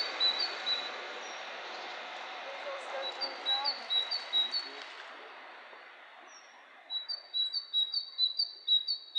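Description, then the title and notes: Bird chirps, high and quick, faint under a broad hiss at first, then clearer and more regular toward the end. Two birds interacting, lo-fi recording. "bird dialogs. lo-fi recording of two birds interacting"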